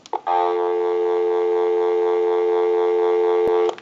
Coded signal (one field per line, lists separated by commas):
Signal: telephone call progress tone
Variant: North America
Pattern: dial tone